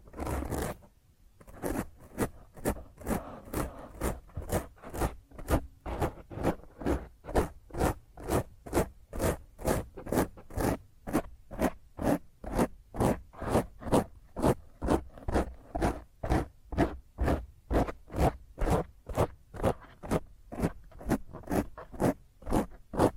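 Fingernails scratch roughly across a microphone in a fast, steady back-and-forth rhythm, each stroke a harsh, rasping burst that reaches from low rumble to bright hiss. The strokes repeat about twice a second after a brief pause near the start, keeping an even intensity throughout.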